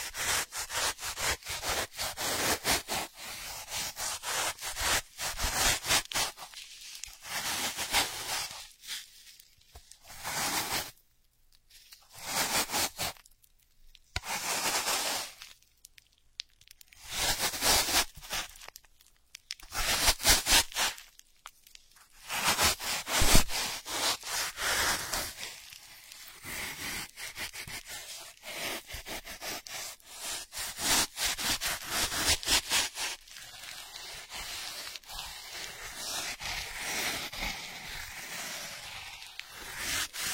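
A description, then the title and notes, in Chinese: Ear scratching and digging makes dense bursts of scraping, rubbing and crackling that fill the whole range from low to bright. Busy stretches alternate with brief silent gaps between about 10 and 23 seconds, then the rubbing continues almost without pause to the end. 抠耳朵催眠。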